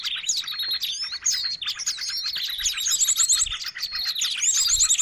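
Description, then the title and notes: Birds chirping in a dense, noisy chorus: overlapping high twitters, rapid trills and sweeping whistles with no pause throughout. Noisy mix of bird calls used as a lure (pikat). "Burung Ribut Pikat"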